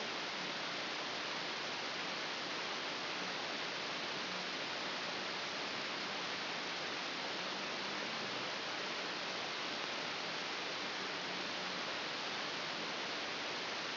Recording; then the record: brain microelectrode recording played as sound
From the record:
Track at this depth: inside the subthalamic nucleus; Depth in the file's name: 6.907 mm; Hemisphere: left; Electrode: 2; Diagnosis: Parkinson's disease